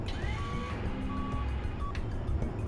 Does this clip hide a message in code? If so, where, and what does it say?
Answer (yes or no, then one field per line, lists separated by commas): no